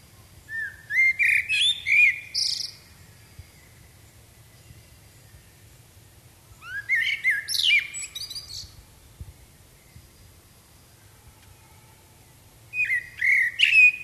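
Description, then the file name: Common blackbird song: fluty, warbling low phrases ending in squeaky high twitters, three phrases with pauses of several seconds between them, the last cut off. "Turdus merula"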